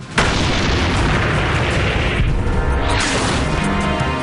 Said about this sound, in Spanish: Y el Panzer modelo 5. El Pantera, que estaba justo a mi lado, disparó.